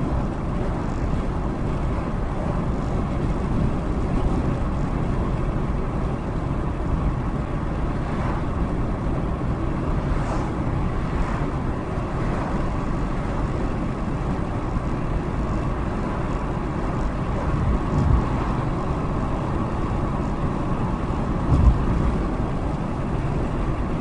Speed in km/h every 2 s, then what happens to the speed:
72, 74, 74, 74, 74, 74, 76, 76, 76, 77, 77, 79.
0-24 steady at about 74.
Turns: none.